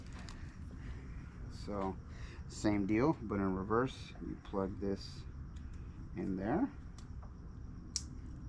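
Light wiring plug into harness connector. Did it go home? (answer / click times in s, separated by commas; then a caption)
yes / 8.0 s. Someone talks while reinstalling a KC HiLiTES Gravity Pro 7 off-road LED light, pushing the light's wiring plug into its mating harness connector. A sharp, loud click at 8.0 s marks the plug seating.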